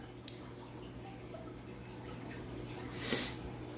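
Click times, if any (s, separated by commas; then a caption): none. Small plastic cover pieces from a Porsche key cover kit are handled near a car key housing, with a short sharp tick near 0.3 s and a brief broadband rustle around 3.1 s over a steady low hum. Nothing has seated or clicked into the key yet; the last piece is still to go in.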